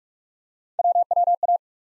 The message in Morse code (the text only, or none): WWA